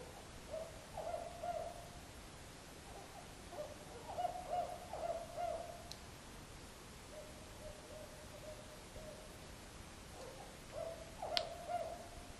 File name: Strix fulvescens S M Papalo